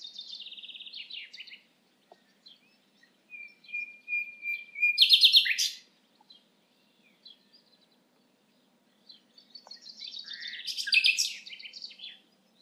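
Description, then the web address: Common nightingale song: a buzzy trill, a few soft clicks, a sustained whistle leading into a loud, sharp burst, then a later phrase of rapid, chattering notes. "SETE data Luscinia megarhynchos"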